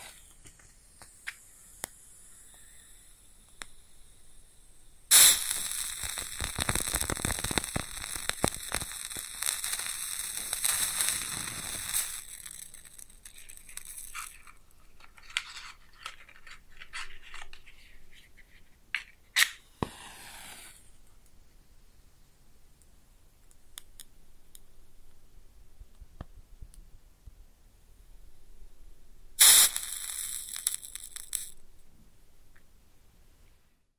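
A match is struck close up at about five seconds and flares with a bright hiss, crackling for several seconds before fading into sparse sizzles. Quiet ticks and small pops follow, then a second sharp strike near twenty-nine seconds flares briefly and dies away.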